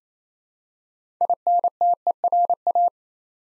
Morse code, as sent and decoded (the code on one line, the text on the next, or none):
.. -. - . .-. .-
INTERA